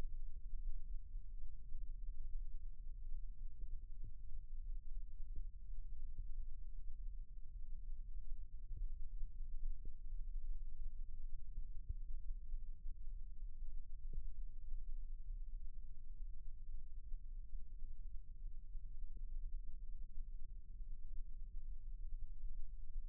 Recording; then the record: forearm muscle sounds (acoustic myography)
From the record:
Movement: rest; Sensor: system 1, eight BSWA MPA416 microphones around the upper forearm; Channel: 6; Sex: female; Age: 22 years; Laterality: right